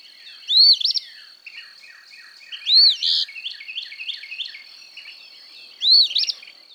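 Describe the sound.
Eastern Phoebe singing three raspy fee-bee phrases, about three seconds apart, over a constant high drone.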